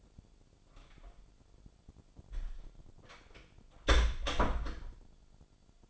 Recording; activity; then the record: daily activity, microphone in the room; close door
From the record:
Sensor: 5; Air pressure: 1007.4 hPa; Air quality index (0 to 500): 164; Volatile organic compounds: 4 ppm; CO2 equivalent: 1565 ppm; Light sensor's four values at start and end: 57/161/62/62 and 57/162/63/63